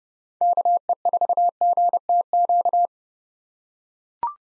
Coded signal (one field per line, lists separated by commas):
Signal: Morse code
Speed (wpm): 30 wpm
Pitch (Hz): 700 Hz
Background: none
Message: KE4GTQ